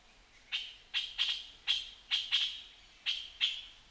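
Puff-throated bulbul giving short harsh notes, single and in quick pairs, about eight in four seconds, over a quiet background.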